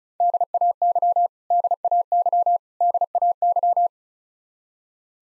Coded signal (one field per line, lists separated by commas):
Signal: Morse code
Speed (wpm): 36 wpm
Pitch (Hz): 700 Hz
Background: none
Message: DAY DAY DAY